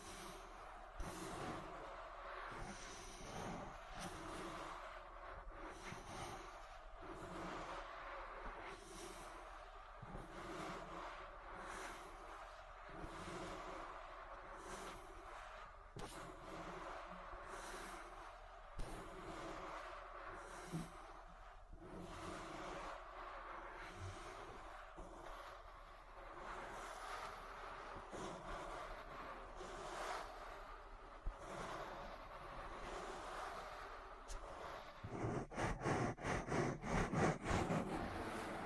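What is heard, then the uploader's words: Ear massage with soft, rhythmic rubbing strokes about once a second over a steady low hum, turning louder and crackly near the end. ASMR Relaxing Ear Massage. (No Talking).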